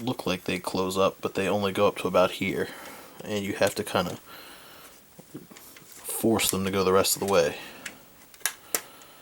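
Someone talks while handling the plastic transforming armor panels on a 1/35 Seraph Hobby Unicorn Banshee (limited first run) mecha model kit, panels that do not close fully on their own into the kit frame and must be forced the rest of the way. A few faint handling noises follow, then sharp plastic ticks near 8.5 and 8.8 seconds. Nothing has seated or clicked home yet.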